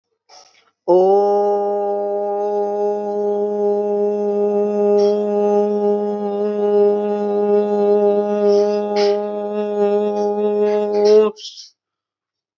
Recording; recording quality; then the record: sustained vowel as in boot; excellent, no background noise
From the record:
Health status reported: exposed to COVID-19, no respiratory illness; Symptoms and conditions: none ticked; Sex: male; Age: 22 years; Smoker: not ticked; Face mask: not worn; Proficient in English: yes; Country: India